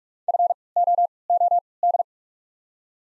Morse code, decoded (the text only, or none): F O O D